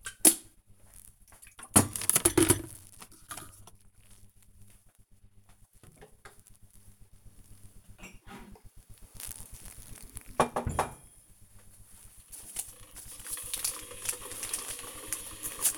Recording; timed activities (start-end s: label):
household activities, microphone on the right wrist
0.00-15.78 s: making tea